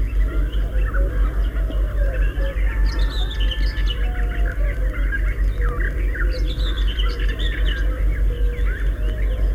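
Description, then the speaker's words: Common Whitethroat singing two short bursts of fast, scratchy, chattering notes a few seconds apart, with a throbbing low hum throughout. Hurried, twittering song delivered in flight; the bird rises fluttering its wings and hides in the bushes again when the trill ends. "Это поет серая Славка. Слышите, какая у нее торопливая и щебечущая песенка. Птичка поет ее на лету."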